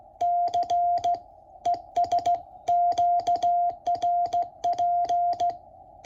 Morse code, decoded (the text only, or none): C ES QRP